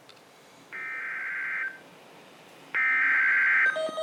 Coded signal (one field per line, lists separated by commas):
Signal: Emergency Alert System (SAME) tones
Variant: header bursts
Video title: Flash Flood Warning (EAS #909-910)